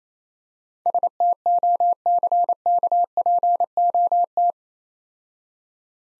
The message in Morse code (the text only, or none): STOCKPOT